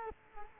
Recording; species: mosquito wingbeat signal from an infrared sensor; Culex quinquefasciatus